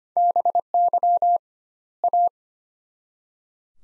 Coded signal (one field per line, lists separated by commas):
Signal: Morse code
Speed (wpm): 25 wpm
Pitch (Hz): 700 Hz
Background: none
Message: BY A